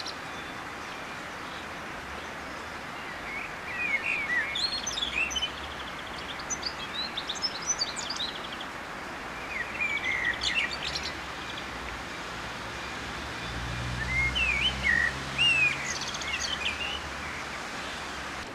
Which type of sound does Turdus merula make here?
song